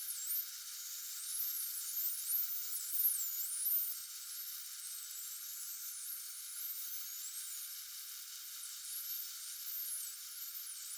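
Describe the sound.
Common dolphin whistles, curving tones that swoop up and down and overlap, busiest in the first four seconds, with a constant hiss beneath.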